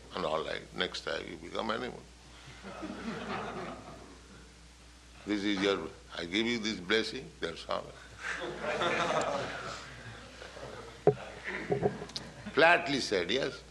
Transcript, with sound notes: "Then all right, next time you become animal. [laughter] This is your... I give you this blessing. That's all." [laughter] Flatly said, "Yes,